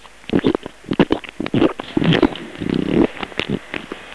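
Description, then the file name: Pig grunting, short low grunts repeated roughly twice a second, mixed with snuffling. "SCHWEIN"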